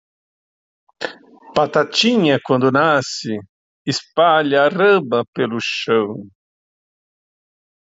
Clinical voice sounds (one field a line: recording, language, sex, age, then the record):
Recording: short text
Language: Brazilian Portuguese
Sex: male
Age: 50 to 59 years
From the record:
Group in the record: control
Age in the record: 58 years